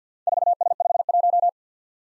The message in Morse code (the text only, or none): 4S51